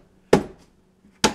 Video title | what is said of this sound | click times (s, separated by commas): Automatic Chicken Watering System | it snaps in place | 0.3 s, 1.2 s